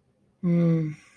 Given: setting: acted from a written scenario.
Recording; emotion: vocal sound without words; disappointment